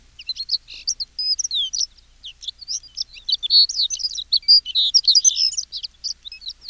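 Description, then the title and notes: Horned lark singing a continuous run of high, sweet, tinkling and twittering notes, uneven in rhythm, with brief gaps between clusters and no other sounds. "Tunturikiuru. Tuukka Kupiainen"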